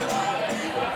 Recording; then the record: coughing mixed with background sound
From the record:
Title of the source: Cough Around the Clock!